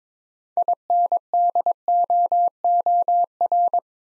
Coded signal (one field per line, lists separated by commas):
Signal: Morse code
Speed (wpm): 22 wpm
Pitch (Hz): 700 Hz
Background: none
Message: INDOOR